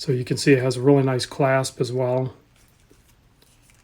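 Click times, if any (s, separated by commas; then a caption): 3.4 s, 3.7 s. Someone talks, then the metal folding clasp of a wristwatch strap is folded over and pressed closed onto its buckle. Small sharp clicks sound at 3.4 s and 3.7 s as the clasp clicks shut and seats in place.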